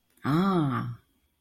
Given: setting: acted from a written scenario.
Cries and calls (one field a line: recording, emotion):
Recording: vocal sound without words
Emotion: realization